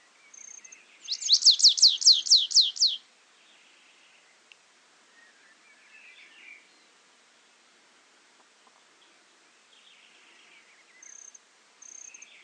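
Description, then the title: Stripe-tailed yellow finch giving a short burst of about eight high buzzy slurred notes, then quieter faint chirps and thin high tones over near silence. Subspecies Sicalis citrina citrina. "LuckyPassaro Completos2Sama. Stripe-tailed Yellow Finch"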